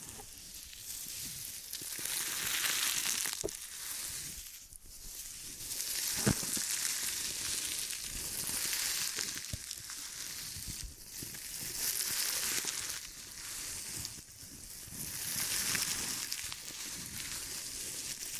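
Ear and scalp massage sounds: dense, crackly rubbing and scratching that swells and fades in waves every few seconds. The texture is bright and fizzy, like sizzling or crinkling, broken by short quiet gaps near 5, 11 and 14 seconds, with occasional sharp taps.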